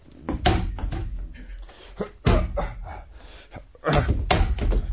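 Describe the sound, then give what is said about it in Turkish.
Repeated heavy thuds and cracking bangs as a door is battered and broken open, several loud impacts in an uneven rhythm with splintering wood and rattling between blows. “Söylemiştim sana. Kırarım demiştim kapıyı.”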